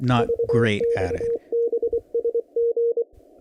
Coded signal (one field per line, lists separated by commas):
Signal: Morse code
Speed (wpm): 24 wpm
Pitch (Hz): 470 Hz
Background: speech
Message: VXBSG